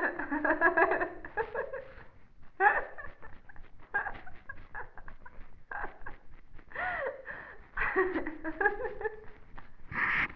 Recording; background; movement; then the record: laughter; quiet; sitting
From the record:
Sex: female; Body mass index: 18.3 kg/m2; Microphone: on the chest, facing the body